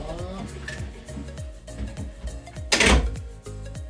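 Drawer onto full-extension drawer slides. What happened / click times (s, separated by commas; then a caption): The drawer snapped onto its runners / 2.7 s. An assembled drawer is slid onto its full-extension drawer slides and snaps onto the runners, seating with a sharp click at 2.7 s. Music plays throughout, with softer knocks before the click. Someone talks.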